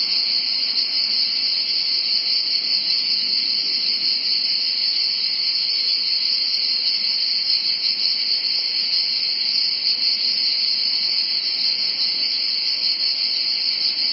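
Cicadas in a steady, unbroken high buzzing drone that holds an even level for the whole stretch, with no other clear sounds.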